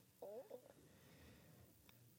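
A brief, wavering, squeaky gurgle lasting about half a second, rising and falling in pitch, then quiet room tone. Stomach growling (borborygmi) in an adult, the ordinary sound of gas and fluid moving through the gut, here shortly after eating.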